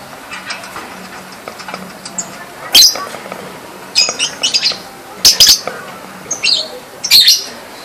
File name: Suara Lovebird Juara Lomba Nasional Si Gempol Juara